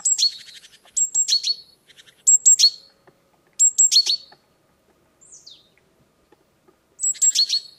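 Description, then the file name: Great tit giving sharp high notes that slide into harsh buzzy churrs in uneven bursts; a faint thin down-slurred whistle sounds once near the middle. "Parus major"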